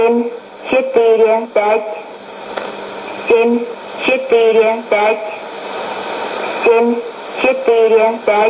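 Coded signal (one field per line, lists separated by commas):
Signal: numbers station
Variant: S06s, Russian female voice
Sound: female voice reading short evenly spaced words in small groups over hiss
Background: radio static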